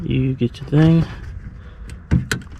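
Someone talks, then a plastic wiring connector is pushed onto the H11 headlight bulb behind the headlight housing of a 2014 Mazda 6, with a few short knocks as it goes on. The sharpest click, at 2.3 s, is where the connector seats and is plugged in.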